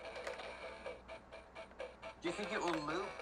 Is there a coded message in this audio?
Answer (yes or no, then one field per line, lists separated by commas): no